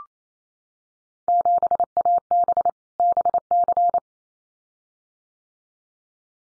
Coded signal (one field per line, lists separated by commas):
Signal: Morse code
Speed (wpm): 28 wpm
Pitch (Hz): 700 Hz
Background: none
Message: 7AB BC